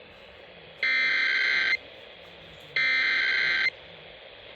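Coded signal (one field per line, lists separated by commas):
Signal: Emergency Alert System (SAME) tones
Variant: header bursts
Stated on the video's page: Real tornado warning alert broadcast over an AM radio station.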